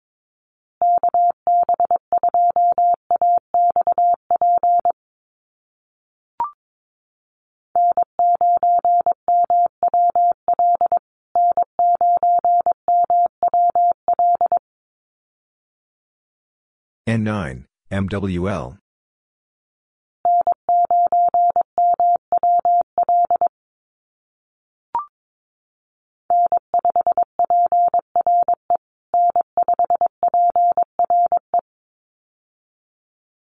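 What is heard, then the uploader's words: A callsign is sent twice in Morse code as a steady mid-pitched tone keyed into quick dots and dashes, in groups from about 0 to 15 seconds and again from 20 to 32 seconds. Between the two sendings, around 17 seconds, comes a brief burst of garbled, warbling voice-like sound, and faint clicks land near 6 and 25 seconds. USA Call Signs Repeated 2x 22wpm. First, the callsign is sent 2x in Morse code. Then it is spoken. Finally, it is sent again in Morse code.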